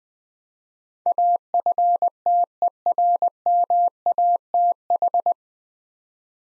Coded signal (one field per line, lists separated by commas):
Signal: Morse code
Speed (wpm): 20 wpm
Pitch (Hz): 700 Hz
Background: none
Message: AFTERMATH